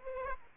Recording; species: mosquito wingbeat signal from an infrared sensor; Aedes aegypti